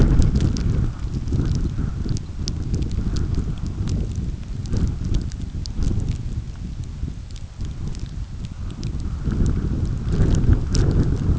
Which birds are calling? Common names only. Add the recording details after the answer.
Red Phalarope. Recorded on Arctic tundra, site UTQI-5, on 29 June 2018. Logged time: 02:00